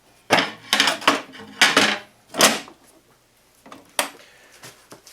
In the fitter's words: you're gonna hear several clicks which is the magnets just locking on to their respective services now